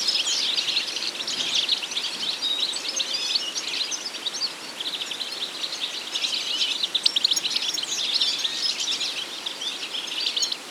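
Goldfinch song: a continuous rapid, tinkling twitter of high, thin notes with a light hiss behind it.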